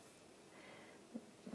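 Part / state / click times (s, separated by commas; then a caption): metal crimp cover going over a crimp bead on jewellery thread / not seated / none. A metal crimp cover is lined up over a squashed crimp bead on beading thread, just before being popped on and squeezed closed with pliers. Mostly a steady low hiss is heard, with faint soft handling sounds near 1.2 and 1.5 seconds. The cover has not clicked into place yet.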